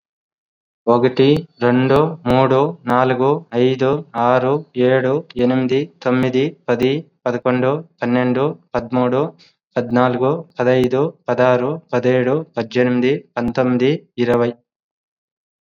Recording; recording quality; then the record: counting at a fast pace; excellent, no background noise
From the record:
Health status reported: COVID-19 positive, mild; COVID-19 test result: positive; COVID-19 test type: RT-PCR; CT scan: not taken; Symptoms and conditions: sore throat, fatigue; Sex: male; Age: 39 years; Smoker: yes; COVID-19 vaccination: both doses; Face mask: worn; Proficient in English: yes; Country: India